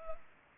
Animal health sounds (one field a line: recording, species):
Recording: mosquito wingbeat signal from an infrared sensor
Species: Culex pipiens